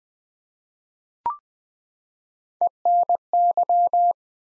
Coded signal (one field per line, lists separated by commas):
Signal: Morse code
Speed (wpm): 20 wpm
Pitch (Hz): 700 Hz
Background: none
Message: ENY